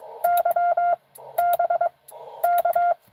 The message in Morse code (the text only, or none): Y BK